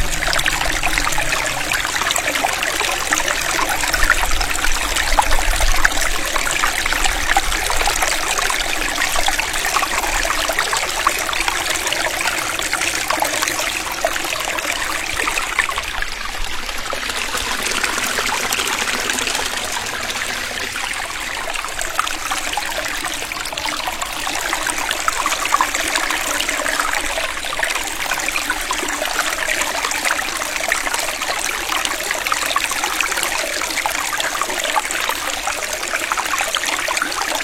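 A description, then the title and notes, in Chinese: A gentle mountain stream runs steadily, a continuous bright rush of trickling water with no pauses. The flow stays fairly even throughout, easing slightly around the middle before filling back out, with faint low rumble beneath the dense splashing. 龙岗深山溪流舒缓声。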